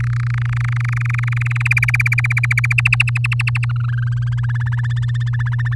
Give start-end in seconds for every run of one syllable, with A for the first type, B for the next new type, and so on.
0.00-1.68 A, 1.70-2.73 B, 2.78-3.65 C, 3.69-4.29 D, 4.32-5.74 E